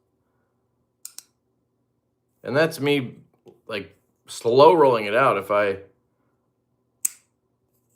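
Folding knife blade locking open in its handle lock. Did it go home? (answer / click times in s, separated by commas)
yes / 7.1 s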